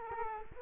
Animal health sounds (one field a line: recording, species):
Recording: mosquito wingbeat signal from an infrared sensor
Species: Culex quinquefasciatus